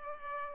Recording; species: mosquito wingbeat signal from an infrared sensor; Culex pipiens